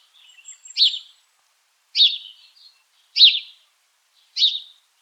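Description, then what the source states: House sparrow giving four loud cheep notes about once a second, preceded by softer twittering. Nominate subspecies Passer domesticus domesticus.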